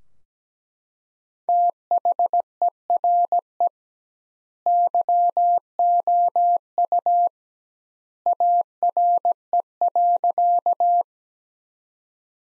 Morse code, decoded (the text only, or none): THERE YOU ARE.